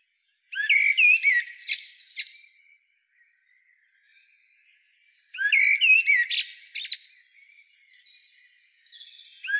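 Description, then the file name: Common blackbird calls in two harsh, twittering bursts about five seconds apart, with faint high notes trailing after the second. "Turdus merula"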